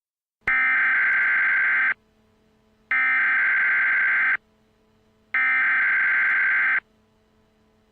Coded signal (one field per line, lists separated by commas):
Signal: Emergency Alert System (SAME) tones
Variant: header bursts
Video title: Arrowverse EAS 1: Flash 1.01